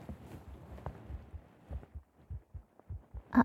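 Soft, regular low thumps in paired beats, roughly 100 a minute, muffled through a microphone pressed to the chest. They are an adult's heart sounds. A loud rustle of contact noise cuts in at the very end.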